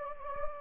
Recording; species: mosquito wingbeat signal from an infrared sensor; Anopheles gambiae